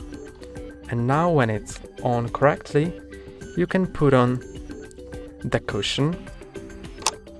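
A face cushion with a plastic frame is handled over the glasses spacer on the front of an HTC Vive Focus Vision VR headset while someone talks, with music playing in the background. A few faint knocks and taps are heard, and nothing has seated or clicked yet.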